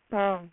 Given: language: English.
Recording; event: throat vibration sensor signal played as sound; speech